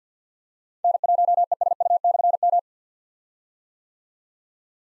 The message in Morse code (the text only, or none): N1ESU/M